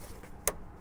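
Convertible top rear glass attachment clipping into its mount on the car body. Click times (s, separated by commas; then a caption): 0.5 s. While refitting the convertible top and rear glass area of a 2005 Mustang, the rear glass attachment is pulled back, a line is put on, and it is pushed home into its mount on the car body. Over a low, quiet background, a single sharp, bright click sounds at 0.5 s as the convertible top fastener clicks in and is secured.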